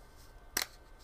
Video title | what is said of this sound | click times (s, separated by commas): Filament Friday #9 - Simple iPhone 5 Case on Davinci 1.0 Video #047 | and look at that beautiful snaps right in place | 0.6 s